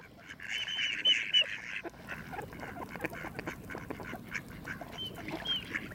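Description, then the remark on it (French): A mallard duck quacks in a run of harsh, nasal calls, loudest near the start and again toward the end, over a steady low background rumble with no voices. “Lui, c'est le canard que vous connaissez tous, c'est le canard colvert.”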